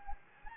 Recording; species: mosquito wingbeat signal from an infrared sensor; Anopheles gambiae